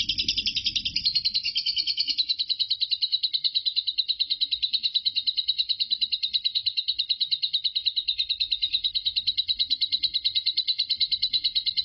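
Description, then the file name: Lovebird in a continuous ngekek chatter: a rapid, steady stream of high, buzzy notes that never pauses, with a faint low rumble beneath. Lovebird singing in ngekek style, one continuous bout lasting 5 minutes 25 seconds. "suara burung lovebird Marco durasi ngekek 5 menit 25 detik"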